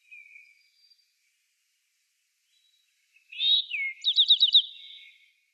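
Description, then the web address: Eastern towhee song: a faint short note, a pause, then a loud slurred downward introductory note followed by a fast buzzy trill of repeated notes. "Schulze Peter Eastern Towhee"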